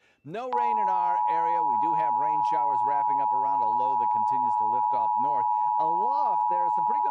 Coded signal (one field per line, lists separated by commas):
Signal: Emergency Alert System (SAME) tones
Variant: 853 and 960 Hz attention tone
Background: speech